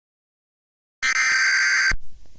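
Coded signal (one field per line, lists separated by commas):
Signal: Emergency Alert System (SAME) tones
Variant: header bursts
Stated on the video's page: Fictional World War 3 EAS scenario.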